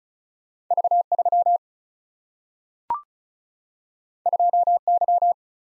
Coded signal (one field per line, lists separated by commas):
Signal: Morse code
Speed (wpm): 36 wpm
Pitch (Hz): 700 Hz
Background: none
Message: V3 2Y